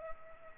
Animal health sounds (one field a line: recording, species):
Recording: mosquito wingbeat signal from an infrared sensor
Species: Culex pipiens